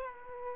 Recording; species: mosquito wingbeat signal from an infrared sensor; Aedes aegypti